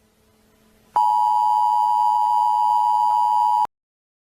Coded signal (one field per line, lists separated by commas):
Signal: Emergency Alert System (SAME) tones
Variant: 853 and 960 Hz attention tone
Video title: EAS Scenario - Stay silent (part 1)